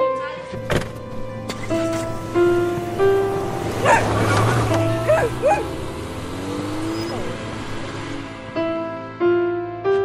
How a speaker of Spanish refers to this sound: ¡Perro malo! ¡Vas a ver! ¡Fuera de aquí! ¡Fuera de aquí! Este animal ya me tiene harto. ¡Me tiene harto!